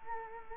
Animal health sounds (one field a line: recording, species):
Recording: mosquito wingbeat signal from an infrared sensor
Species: Culex quinquefasciatus